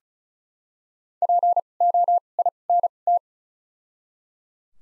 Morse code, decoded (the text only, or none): POINT